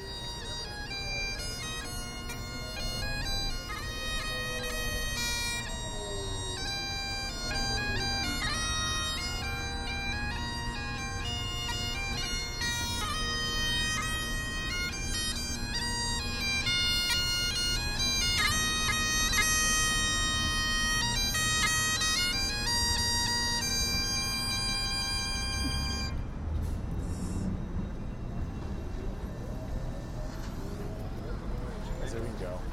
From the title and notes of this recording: Woman Piper At Union Square by Genobunny.